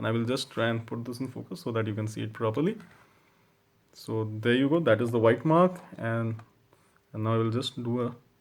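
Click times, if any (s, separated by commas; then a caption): none. Someone talks while handling an EF-S interchangeable lens, lining it up with the white mark on a Canon DSLR camera body mount. Only speech is heard, with quiet gaps between phrases. Nothing has seated or clicked yet; the lens is not yet locked into the mount.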